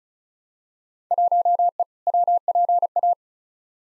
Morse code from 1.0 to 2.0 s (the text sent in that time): 1E